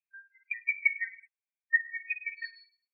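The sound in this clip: Lesser cuckoo calling: two quick, whistled phrases of several tumbling notes, each lasting about a second, separated by a brief pause, in otherwise quiet surroundings.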